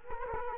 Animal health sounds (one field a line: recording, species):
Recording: mosquito wingbeat signal from an infrared sensor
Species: Culex quinquefasciatus